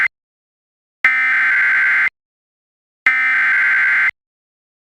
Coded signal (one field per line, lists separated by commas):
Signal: Emergency Alert System (SAME) tones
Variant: header bursts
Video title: EAS MOCK: Iln thing idk